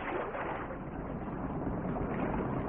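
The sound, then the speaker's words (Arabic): A tourist boat pulls into the harbour, its motor and churning water making a steady, even rumble with no breaks and no voices. “مركب السواح وصلت يابا.”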